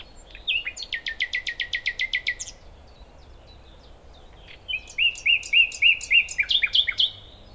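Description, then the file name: Common nightingale song: a rapid, even rattle of pulsed notes, silence, then a series of repeated whistled notes ending in varied chirps. "Luscinia megarhynchos"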